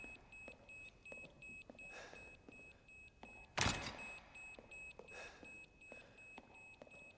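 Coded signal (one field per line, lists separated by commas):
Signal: none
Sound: a console's beeps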